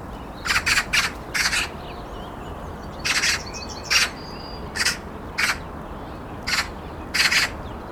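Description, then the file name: Eurasian magpie uttering grating rattles, an opening cluster of quick harsh notes then spaced single and double bursts, with a faint thin whistle in the background. "Pica pica"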